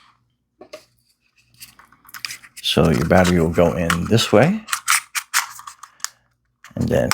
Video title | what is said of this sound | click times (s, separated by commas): Holy Stone HS290 Drone with 1080P FPV Camera Foldable RC Quadcopter with Optical Flow | it'll click into place like that. | 6.0 s